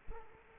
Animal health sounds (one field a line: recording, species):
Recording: mosquito wingbeat signal from an infrared sensor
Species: Culex quinquefasciatus